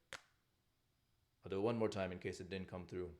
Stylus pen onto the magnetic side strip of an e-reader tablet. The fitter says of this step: on this pen right so it clicks and hopefully you can hear this I'm gonna you know put it close to the mic here